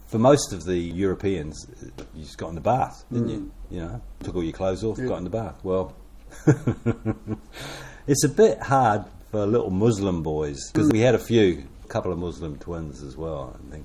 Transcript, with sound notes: For most of the Europeans, you just got in the bath, didn’t you? You know – took all your clothes off, got in the bath. Well, [chuckle] it’s a bit hard for little Muslim boys – ‘cause we had a few; couple of Muslim twins as well, I think.